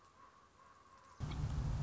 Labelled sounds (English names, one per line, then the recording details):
Common Raven
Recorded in Sonoma County, California